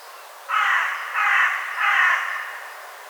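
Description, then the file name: Carrion crow cawing, three harsh, hoarse caws in quick succession, each about half a second long, over faint background hiss. "Corvus corone"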